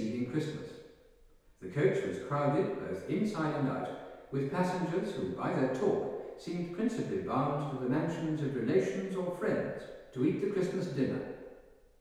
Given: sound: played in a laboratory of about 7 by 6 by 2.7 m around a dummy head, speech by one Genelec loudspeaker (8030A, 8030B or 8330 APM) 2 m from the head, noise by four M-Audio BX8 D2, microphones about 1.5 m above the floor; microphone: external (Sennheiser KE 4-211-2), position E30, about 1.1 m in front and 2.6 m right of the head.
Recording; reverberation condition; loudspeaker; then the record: male speech in English; high; behind (180 degrees)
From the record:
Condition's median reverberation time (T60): about 1300 ms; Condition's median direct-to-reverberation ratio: about -4.0 dB